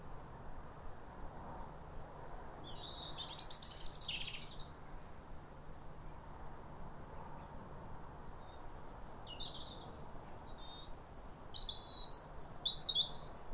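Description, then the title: European robin singing high, thin, wistful phrases of sliding whistles and trills, separated by long pauses, over a soft low background hum. Pair of robins in neighbouring gardens singing wistful phrases like a duet, as if chatting over the fence, at a clear, calm, rosy New Year sunrise in winter after weeks of rain. "Sound Escape 150: Be uplifted by a chorus of New Year's robins"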